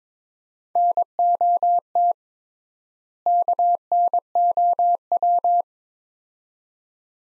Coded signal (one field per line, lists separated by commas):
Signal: Morse code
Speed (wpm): 22 wpm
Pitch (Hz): 700 Hz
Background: none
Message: NOT KNOW